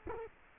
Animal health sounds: mosquito wingbeat signal from an infrared sensor; Culex quinquefasciatus

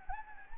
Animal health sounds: mosquito wingbeat signal from an infrared sensor; Anopheles gambiae

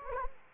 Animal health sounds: mosquito wingbeat signal from an infrared sensor; Anopheles gambiae

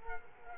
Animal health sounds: mosquito wingbeat signal from an infrared sensor; Culex quinquefasciatus

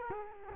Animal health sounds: mosquito wingbeat signal from an infrared sensor; Culex quinquefasciatus

